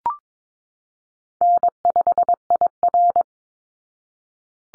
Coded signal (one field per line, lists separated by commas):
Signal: Morse code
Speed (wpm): 22 wpm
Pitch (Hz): 700 Hz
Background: none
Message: N5IR